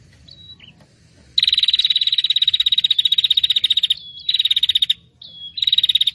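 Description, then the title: Prinia: a few soft thin notes, then a long, rapid buzzy rattle, followed by two shorter rattling bursts linked by quick slurred whistles. Noisy prinia calls used as a lure for catching birds; refers to red-headed and 'tamu' prenjak. "Suara Prenjak Ribut Buat Pikat Burung Prenjak Kepala Merah Prenjak Tamu"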